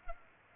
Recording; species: mosquito wingbeat signal from an infrared sensor; Culex pipiens